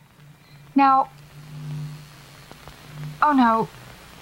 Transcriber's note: lightbulb begins to buzz and sputter; static rises